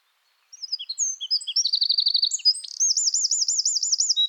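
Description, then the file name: Eurasian wren song, with quick high chirps building into a fast trill and then a slower, rolling, looping trill that keeps going to the end. "Troglodytes troglodytes"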